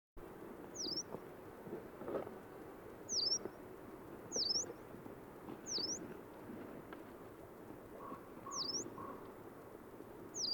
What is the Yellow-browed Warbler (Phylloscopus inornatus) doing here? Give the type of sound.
call